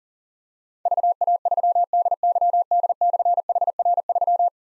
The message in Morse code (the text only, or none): VA3DYD/HR3